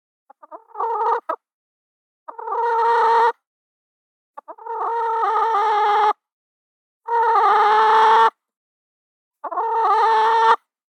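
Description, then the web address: Chicken giving loud, drawn-out nasal squawking clucks, each about a second long, five bursts with short stuttering clucks leading into some of them. "chicken cluck swell"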